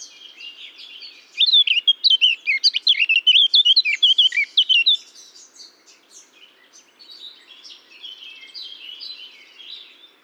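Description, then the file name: Eurasian blackcap song, a quiet scratchy lead-in swelling into a loud warbling phrase of fluty notes, followed by faint chatter. "Sylvia atricapilla"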